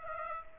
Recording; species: mosquito wingbeat signal from an infrared sensor; Aedes aegypti